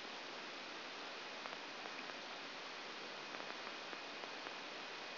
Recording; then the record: brain microelectrode recording played as sound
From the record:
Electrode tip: outside the subthalamic nucleus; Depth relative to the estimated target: -6 mm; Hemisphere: left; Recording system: AlphaMap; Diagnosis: Parkinson's disease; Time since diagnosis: 12 years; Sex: male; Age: 57 years